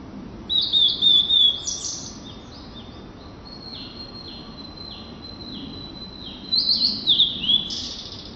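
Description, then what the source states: Blue-and-white flycatcher song: loud opening burst of high whistled notes, a long series of softer descending slurred whistles, then another loud whistled flourish near the end. Recorded on 4 May 2013.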